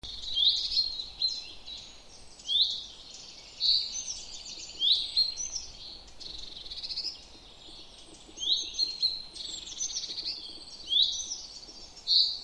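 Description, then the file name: Common chaffinch giving high, sharp chirping notes, repeated irregularly every second or so, with a steady background hiss. "Fringilla coelebs"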